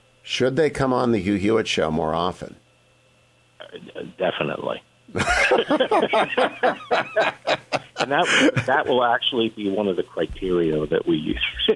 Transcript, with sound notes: Should they come on the Hugh Hewitt Show more often?
Definitely. (laughing) And that will actually be one of the criteria that we use.